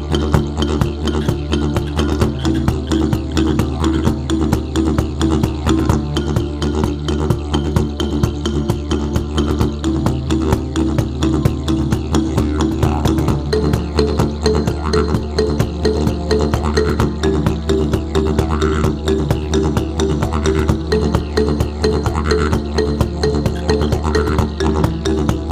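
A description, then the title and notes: Frogs at Bibra Lake in Western Australia call in a dense, continuous chorus with no pauses. Rapid, regular clicks and croaks overlap throughout, with a steady low rumble beneath and a faint high shimmer above, changing little over the whole stretch. Recorded at home and Frogs were from Bibra Lake in Western Australia.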